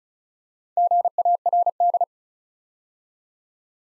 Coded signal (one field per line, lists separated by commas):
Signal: Morse code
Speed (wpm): 36 wpm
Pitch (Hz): 700 Hz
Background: none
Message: GARD